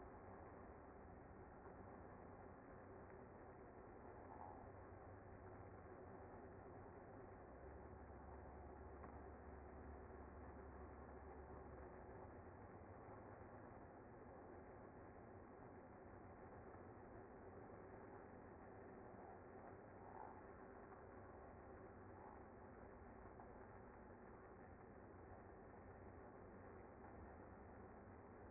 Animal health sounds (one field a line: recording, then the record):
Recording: honeybee colony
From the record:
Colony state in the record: active